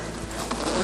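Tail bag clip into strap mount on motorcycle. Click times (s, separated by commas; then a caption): 0.5 s. A motorcycle tail bag's plastic clip is pushed into its strap mount over a steady, broadband rustling background. A short, sharp snap at 0.5 s marks the clip seating, and the bag is held in place nice and tight.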